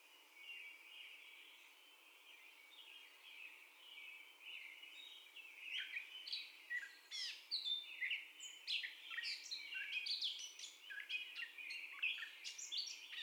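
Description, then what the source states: Catbird song: a quiet, scratchy warble at first, then a louder rambling string of varied squeaky and chattering phrases, each different, with no long pauses. Catbird's first song, 30 May 2021.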